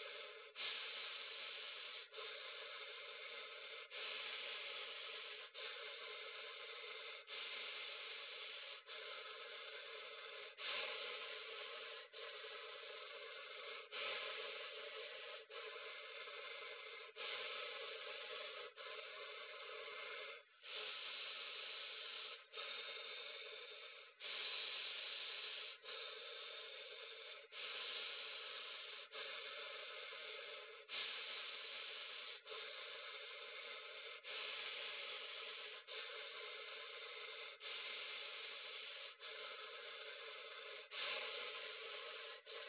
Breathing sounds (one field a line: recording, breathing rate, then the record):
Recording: paced breathing near a phone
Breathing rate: 18 breaths a minute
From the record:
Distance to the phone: 40 cm